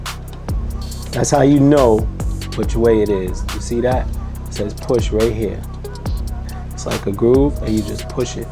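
A plastic ink cartridge is handled and pushed straight down into the cartridge slot of an Epson T2170 wide-format printer while someone talks over music playing underneath. A few light handling knocks are heard. The cartridge has not seated or clicked into place yet by the end of the clip.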